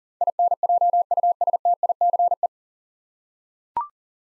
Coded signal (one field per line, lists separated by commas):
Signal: Morse code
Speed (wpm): 40 wpm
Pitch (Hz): 700 Hz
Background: none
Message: INJUSTICE